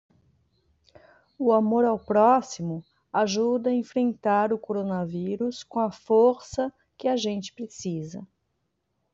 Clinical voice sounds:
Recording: spoken sentence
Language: Brazilian Portuguese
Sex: female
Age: 50 to 59 years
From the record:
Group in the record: control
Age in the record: 52 years

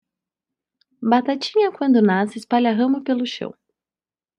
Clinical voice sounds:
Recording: short text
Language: Brazilian Portuguese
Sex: female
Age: 18 to 19 years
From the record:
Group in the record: control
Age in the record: 19 years

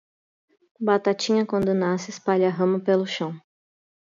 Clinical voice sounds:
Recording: short text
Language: Brazilian Portuguese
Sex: female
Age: 30 to 39 years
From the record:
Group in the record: control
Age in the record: 31 years

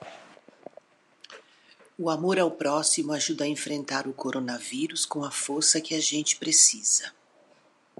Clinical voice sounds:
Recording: spoken sentence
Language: Brazilian Portuguese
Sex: female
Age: 60 to 69 years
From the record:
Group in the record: control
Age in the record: 61 years

